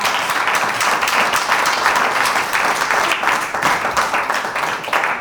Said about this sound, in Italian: Dai! Va bene, ma un applauso!